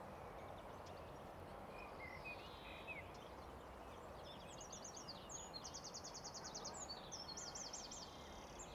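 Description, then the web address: Birds chirping: scattered high chirps, then rapid buzzy trills and zigzag twitters in the second half, over a steady broad hiss of traffic noise. Birds chirping in a city park with distant traffic. "Sonik Sound Library - Spatial Cities Ambience, City Park, Distant Traffic, Voices, Birds Chirping"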